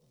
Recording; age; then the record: pig call; piglet (1 to 25 days)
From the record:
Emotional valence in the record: positive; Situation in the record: reunion after long isolation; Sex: male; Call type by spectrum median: low-frequency call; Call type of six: low-frequency stable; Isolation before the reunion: 8 minutes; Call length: 0.11 s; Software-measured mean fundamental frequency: 57 Hz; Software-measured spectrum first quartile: 225 Hz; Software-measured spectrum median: 776 Hz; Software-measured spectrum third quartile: 8083 Hz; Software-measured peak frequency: 142 Hz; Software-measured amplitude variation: 50 dB a second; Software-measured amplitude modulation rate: 13.7 a second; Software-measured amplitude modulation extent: 3.6 dB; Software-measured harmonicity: 5.9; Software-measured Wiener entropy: -3.13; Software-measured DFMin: 1001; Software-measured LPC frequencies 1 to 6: 423, 2185, 3835, 5389, 5839, 6878 Hz